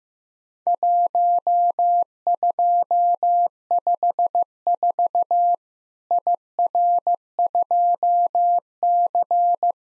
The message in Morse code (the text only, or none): 1254 IR2C